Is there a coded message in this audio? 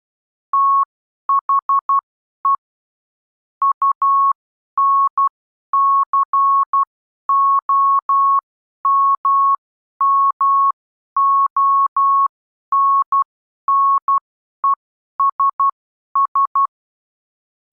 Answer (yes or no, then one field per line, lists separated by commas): yes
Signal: Morse code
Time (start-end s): 0.5-16.7 s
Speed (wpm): 12 wpm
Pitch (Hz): 1100 Hz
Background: none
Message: THE UNCOMMONNESS